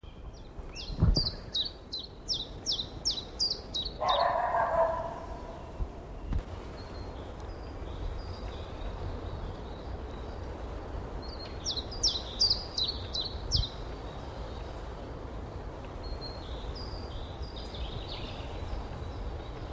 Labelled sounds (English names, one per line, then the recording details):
Common Chiffchaff song
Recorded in the wild
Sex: male
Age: adult
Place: Mühlenbecker Land, OT Summt, Brandenburg, DE
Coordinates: 52.6928, 13.3581
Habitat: forest
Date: 1988-04-03 12:48
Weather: hazy, 8°C
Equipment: Nagra SN, Kopie Tesla B 116
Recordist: Tembrock, Günter